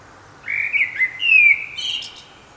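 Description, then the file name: Common blackbird delivering a single rich, flute-like warble that slurs downward and finishes with a faint high twitter. "Turdus merula"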